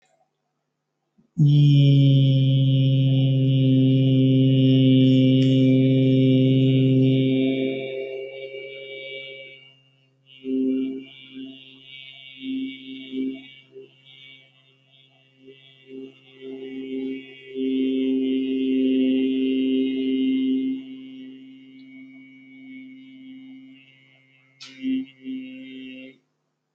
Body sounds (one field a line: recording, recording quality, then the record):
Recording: sustained vowel as in beet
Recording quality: excellent, no background noise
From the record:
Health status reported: healthy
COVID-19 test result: negative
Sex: male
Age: 31 years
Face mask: not worn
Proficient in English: yes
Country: India